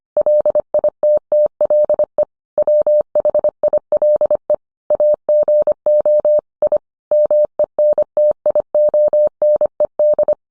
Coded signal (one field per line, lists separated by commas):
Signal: Morse code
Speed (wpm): 25 wpm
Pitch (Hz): 600 Hz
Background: none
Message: LITTLE WHILE AGO I MENTIONED